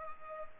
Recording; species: mosquito wingbeat signal from an infrared sensor; Culex pipiens